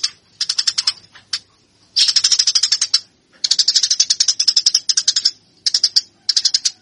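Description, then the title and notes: Eurasian tree sparrow chattering call: bursts of rapid, harsh, ticking chips of varying length, separated by short pauses. Fighting call of burung gereja, used as a master track for training birds. "MASTER GEREJA TARUNG. burung gereja"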